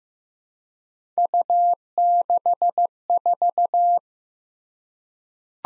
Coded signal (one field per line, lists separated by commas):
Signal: Morse code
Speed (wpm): 15 wpm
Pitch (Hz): 700 Hz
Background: none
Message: U64